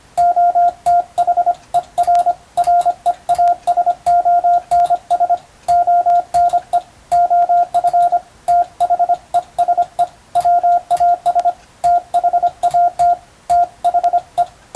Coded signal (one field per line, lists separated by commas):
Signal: Morse code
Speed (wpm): 25 wpm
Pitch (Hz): 700 Hz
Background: radio noise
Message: OTHER REASONS ONE OF THESE WAS THAT THE